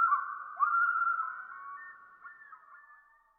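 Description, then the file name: Common loon giving a long, drawn-out wail that holds steady, then slowly fades away. "dan gibsons solitudes common loon"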